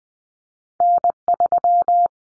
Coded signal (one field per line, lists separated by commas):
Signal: Morse code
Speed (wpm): 20 wpm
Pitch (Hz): 700 Hz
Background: none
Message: N3